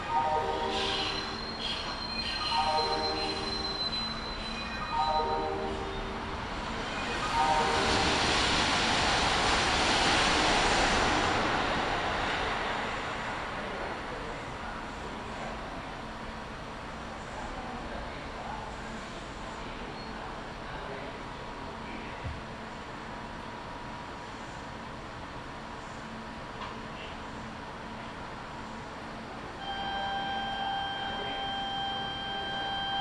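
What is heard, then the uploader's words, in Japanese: A Kintetsu Nagoya Line local train: stepped chime tones open, a loud rushing swell follows, then steady rolling rumble with high whines near the end. 近鉄名古屋線各駅停車 川越富洲原→塩浜。車内はほぼガラガラです。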